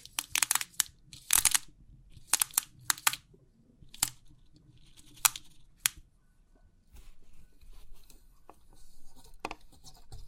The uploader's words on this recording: Crisp 3D Pin Art Tingles(No Talking).